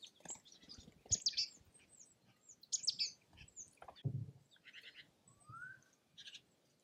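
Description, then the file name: Bird calls come as short high chips and buzzy bursts among low thumps, with a brief rising note near the end. "ptaki"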